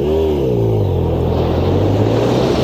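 A motorcycle engine revs loudly and steadily, its droning pitch dipping and then climbing again over a constant rumble, with no voices, as the motorcyclist rides through on green and strikes a cyclist at a pedestrian crossing.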